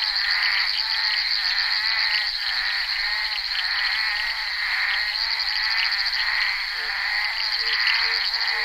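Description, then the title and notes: Bullfrogs croaking nonstop in a thick chorus of pulsed notes, a steady high whine running behind them. Recorded on the set of the film Bal poussière by Henri Duparc, February 1988. "crapaux buffle. enregistré sur le tournage Bal poussière dhenri duparc en février 1988"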